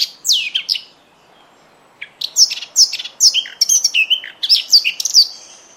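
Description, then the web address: Bird song: fast, varied high chirps and downslurred whistles, a short burst, a pause of about a second, then a denser run of sweeping notes. "cianscape. Deverinetal 2025. Bird Only"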